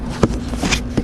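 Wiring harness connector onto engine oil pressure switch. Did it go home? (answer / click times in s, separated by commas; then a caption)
no / none. A wiring harness connector is handled at the new engine oil pressure switch on a 2015-2017 Chrysler 200/Dodge Dart 2.4L during an oil pressure switch replacement. Short handling taps are heard near 0.2 s and 1.0 s, with a softer scrape around 0.5 s. Nothing has seated or clicked in yet.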